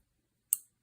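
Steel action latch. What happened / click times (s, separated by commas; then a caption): The steel catch cammed out and released / 0.5 s. On a stripped Beretta shotgun action without its spring, the top lever engages the bottom part and cams it out, pushing on the spring and releasing the catch. A single sharp, bright metallic click sounds at 0.5 s and fades out within about two tenths of a second, against near silence. The release catch is released.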